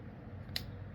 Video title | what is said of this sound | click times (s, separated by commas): GIANT Desktop FDM 3D Printer - Elegoo Neptune 4 Max - FULL UNBOXING/SETUP/TEST/REVIEW | so there it is that's the click I'll do it again | 0.6 s